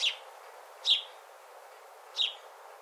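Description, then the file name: House sparrow calls: three sharp single chirps at uneven spacing against faint background hiss. "Passer domesticus"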